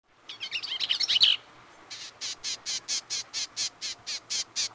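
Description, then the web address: Bell's Vireo making a quick, tumbling, scratchy warble, then a steady series of harsh buzzy notes. "Peterson North American Birds"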